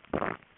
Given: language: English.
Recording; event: throat vibration sensor signal played as sound; swallow